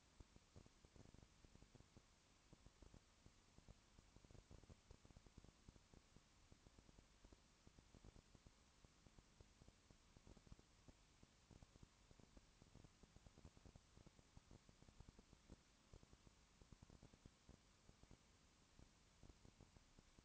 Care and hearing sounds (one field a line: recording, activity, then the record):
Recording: daily activity, microphone in the room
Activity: no activity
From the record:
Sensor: 1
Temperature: 19.2 degrees Celsius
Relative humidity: 37.8%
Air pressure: 1001.1 hPa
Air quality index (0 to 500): 198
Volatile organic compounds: 7 ppm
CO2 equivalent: 1995 ppm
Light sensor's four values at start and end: 1/2/1/1 and 1/2/1/1